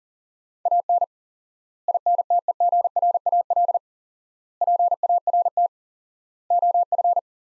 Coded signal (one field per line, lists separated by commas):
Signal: Morse code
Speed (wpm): 40 wpm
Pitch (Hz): 700 Hz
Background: none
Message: AN INTEGRAL PART OF